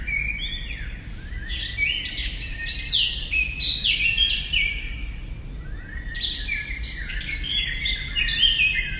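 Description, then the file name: Eurasian blackcap singing in quick, varied warbling phrases, bright whistles mixed in, two main bursts over a low continuous background rumble. "blackcap freesound"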